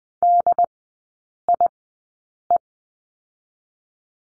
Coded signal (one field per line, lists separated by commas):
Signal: Morse code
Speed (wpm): 20 wpm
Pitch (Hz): 700 Hz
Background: none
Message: DIE